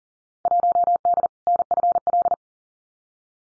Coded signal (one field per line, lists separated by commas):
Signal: Morse code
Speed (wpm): 40 wpm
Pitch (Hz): 700 Hz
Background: none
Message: 1D NFL